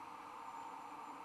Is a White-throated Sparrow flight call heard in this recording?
no